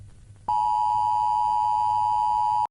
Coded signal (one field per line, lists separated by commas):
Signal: Emergency Alert System (SAME) tones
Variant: 853 and 960 Hz attention tone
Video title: SCP 835-JP (Scp eas video)